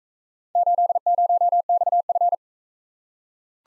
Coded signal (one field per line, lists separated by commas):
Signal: Morse code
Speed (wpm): 41 wpm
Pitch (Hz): 700 Hz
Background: none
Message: 80XF